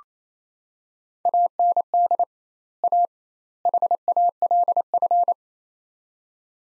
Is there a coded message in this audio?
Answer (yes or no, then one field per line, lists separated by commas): yes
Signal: Morse code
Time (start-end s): 1.3-5.3 s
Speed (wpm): 28 wpm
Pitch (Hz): 700 Hz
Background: none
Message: AND A HALF